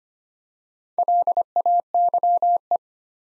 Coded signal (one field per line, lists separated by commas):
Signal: Morse code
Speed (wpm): 25 wpm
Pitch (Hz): 700 Hz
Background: none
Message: LAYE